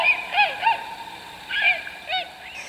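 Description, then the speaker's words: Tundra swans calling, several high, mellow hooting notes with rich overtones, given in short clustered bursts with brief pauses between. High-pitched call likened to distant barking of dogs, soft musical laughter, mellow cooing or a Canada goose honk. "Tundra swans produce a high-pitched call that has been likened to many things."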